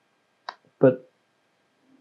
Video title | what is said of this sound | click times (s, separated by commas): 3D Printing My Own Celestron RASA Parts | put it into the wrasser twist it and it locks in place um | 0.5 s